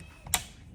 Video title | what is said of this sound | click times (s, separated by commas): HUGE 14.5" Tesla Style Radio 2018-2021 Ford Expedition - Complete Install & Setup Guide | And they click right in. | 0.3 s